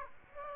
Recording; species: mosquito wingbeat signal from an infrared sensor; Aedes aegypti